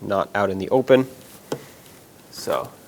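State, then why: Not seated. A small metal retainer (captive nut clip) is being handled inside a new rear shock mounting plate on a 2013–2020 Nissan Pathfinder, where it is not out in the open. Someone talks, and a short sharp knock is heard at 1.5 s, followed by quiet and another brief bit of speech. Nothing has seated or clicked yet.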